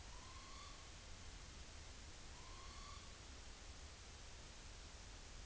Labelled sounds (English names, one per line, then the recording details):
Morepork trill
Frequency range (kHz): Morepork 0.7-7.1 kHz
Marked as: faintness 4/5
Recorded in New Zealand on 30 April 2013
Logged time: 02:19
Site Ponui